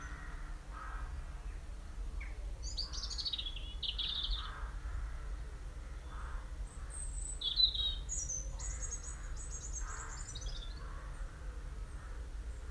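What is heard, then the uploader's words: Birdsong of bright, quick chirps and trills in several bursts, heard over a steady low rumble like traffic and faint background calls. Birdsong (robin - test). Tisbury, Wiltshire, and the Nadder Valley.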